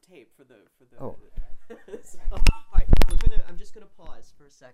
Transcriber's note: chuckles